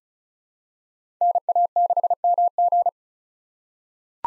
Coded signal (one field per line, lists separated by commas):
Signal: Morse code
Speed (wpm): 36 wpm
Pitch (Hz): 700 Hz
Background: none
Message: NA6MG